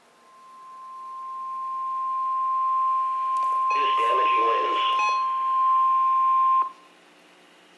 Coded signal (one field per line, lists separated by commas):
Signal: Emergency Alert System (SAME) tones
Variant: 1050 Hz attention tone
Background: speech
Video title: Flash Flood Warning (EAS Alert #856)